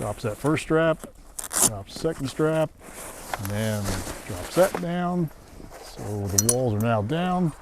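Someone talks while handling a telescoping support arm on a camper shower-room frame, which is meant to be pulled out until its lock clicks into the extended position. The clip ends before that happens; the arm has not clicked or seated yet.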